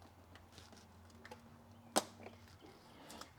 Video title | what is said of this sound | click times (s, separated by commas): I went off roading, used a hammer, and ordered cheap parts just to fix this $20 broken laptop!! | Snaps right in. Okay. | 2.0 s